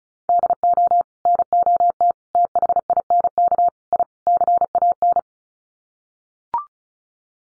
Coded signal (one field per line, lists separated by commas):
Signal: Morse code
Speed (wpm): 34 wpm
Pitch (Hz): 700 Hz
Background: none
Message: DO NOT THINK I CAN